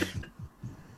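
A single sharp adult cough followed by a few low, softer throat-clearing sounds in a small room.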